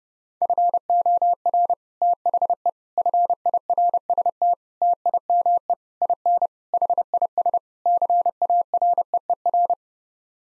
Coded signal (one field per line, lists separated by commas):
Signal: Morse code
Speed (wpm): 32 wpm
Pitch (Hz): 700 Hz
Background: none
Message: FOR THE FIRST TIME IN HIS CAREER